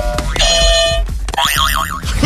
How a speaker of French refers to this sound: T'as vu, t'as un buzzer, t'es content